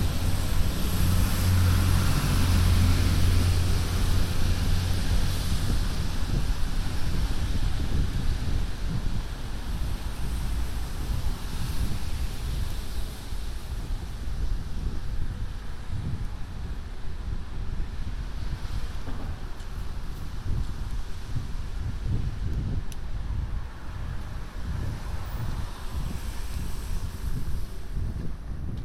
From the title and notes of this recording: A binaural field recording, walking up Broadway to the store and back. It was a rainy night, I had an umbrella, but there still is some wind noise in this recording.